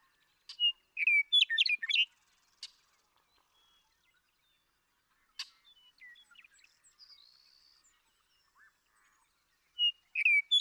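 Western meadowlark gives a rich whistled, gurgling phrase, then faint calls, and begins another phrase near the end.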